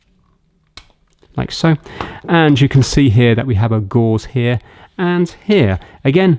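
The plastic top cover clipped onto a Thomas Dudley toilet cistern float valve body is eased gently off its two clips, so the plastic doesn't snap. One sharp snap is heard at 0.8 s as the cover comes free and releases. Someone then talks.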